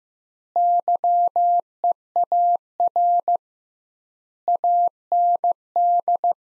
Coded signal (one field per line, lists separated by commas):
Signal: Morse code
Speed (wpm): 15 wpm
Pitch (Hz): 700 Hz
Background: none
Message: YEAR AND